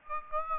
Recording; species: mosquito wingbeat signal from an infrared sensor; Aedes aegypti